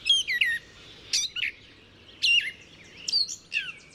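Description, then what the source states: Gray Catbird song: varied squeaky, slurred and scratchy phrases, some descending, separated by short pauses. Played recording; named for cat-like mew call; mimic imitating songbirds, mammals and frogs; males sing loudest, females sometimes answer with quieter song; noisy in spring; dense bushes and thickets.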